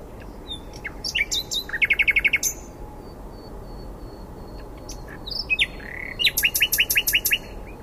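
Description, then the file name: Common nightingale song: varied phrases of rapid repeated notes, a fast pulsed trill near two seconds, then a second burst of sharp repeated notes after six seconds. "Luscinia megarhynchos"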